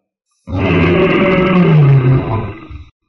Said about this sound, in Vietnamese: Sa thú cực lớn bỗng nhiên ngẩng đầu, ngửa mặt lên trời phát ra một tiếng rống to thê lương.